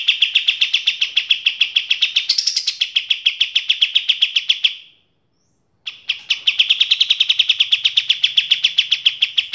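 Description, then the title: Kapas tembak song: a long, fast run of sharp, clipped notes repeated several times a second, rising briefly higher, a short pause, then the rapid chatter resumes. Training song for teaching cage birds to sing; described as a fine quality song. "Masteran Kapas Tembak Mewah"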